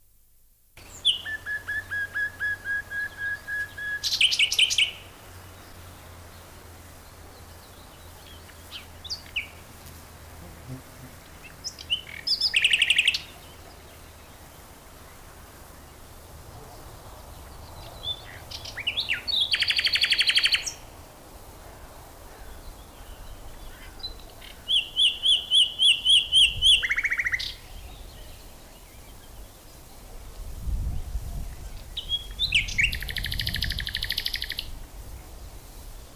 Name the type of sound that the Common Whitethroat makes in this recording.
song